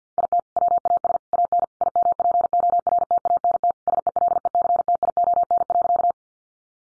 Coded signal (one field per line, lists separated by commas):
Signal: Morse code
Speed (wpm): 50 wpm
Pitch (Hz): 700 Hz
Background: none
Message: IT WAS AN IMPORTANT SELECTION.